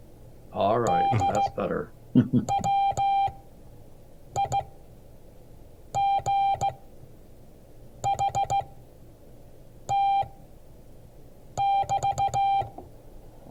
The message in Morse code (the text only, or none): DWIGHT<BT>